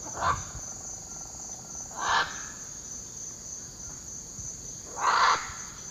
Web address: Natures Songs S America Eastern Lowlands Ara macao, calls